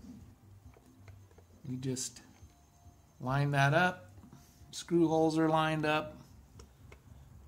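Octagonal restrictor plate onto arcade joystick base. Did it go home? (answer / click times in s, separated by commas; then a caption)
yes / 6.6 s, 6.9 s. A Sanwa GT-Y plastic octagonal restrictor plate is lined up with its screw holes and pressed down onto the base of a Mayflash Arcade Fightstick F300 joystick while someone talks. Two soft clicks at 6.6 s and 6.9 s mark the plate snapping into place, seated.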